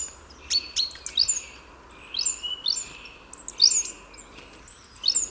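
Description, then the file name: Great tit calls: repeated sharp, downward-slurred high notes with buzzy edges, coming in irregular clusters. "Parus major"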